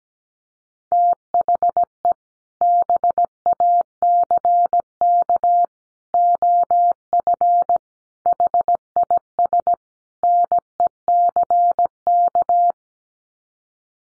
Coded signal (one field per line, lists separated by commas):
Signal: Morse code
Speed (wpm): 17 wpm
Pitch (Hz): 700 Hz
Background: none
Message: THE BACK OF HIS NECK